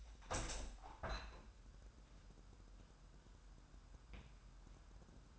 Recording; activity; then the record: daily activity, microphone in the room; open window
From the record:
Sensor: 2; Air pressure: 1000.1 hPa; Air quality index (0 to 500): 237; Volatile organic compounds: 74 ppm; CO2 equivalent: 3557 ppm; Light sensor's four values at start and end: 8/20/8/8 and 9/21/8/8